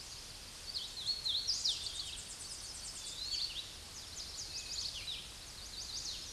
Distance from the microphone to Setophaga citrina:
about 35 m